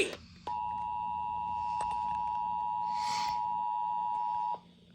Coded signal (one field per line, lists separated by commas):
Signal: Emergency Alert System (SAME) tones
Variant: 853 and 960 Hz attention tone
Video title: EAS Tornado Warning WXL40 & 97.3 WRVV EAS#211